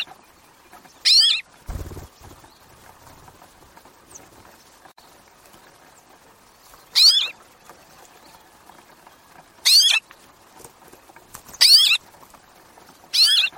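Bird calls, five brief high notes at uneven gaps, with a low thump near the start and quiet background noise.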